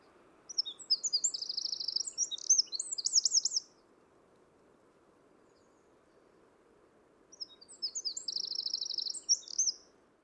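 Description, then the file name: Eurasian wren giving loud, rapid, high trilling bursts, one about three seconds long, then silence, then a second burst of fast rattling trills. "Troglodytes troglodytes"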